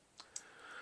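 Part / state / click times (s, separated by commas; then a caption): plastic MOLLE clip releasing from bag webbing / released / 0.2 s, 0.4 s. The two buttons on a plastic MOLLE clip are pressed and the clip releases from the bag webbing, springing open. Two sharp clicks are heard at 0.2 and 0.4 seconds, the second one louder, followed by a faint higher hiss.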